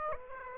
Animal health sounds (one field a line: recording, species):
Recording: mosquito wingbeat signal from an infrared sensor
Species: Aedes aegypti